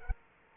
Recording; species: mosquito wingbeat signal from an infrared sensor; Culex quinquefasciatus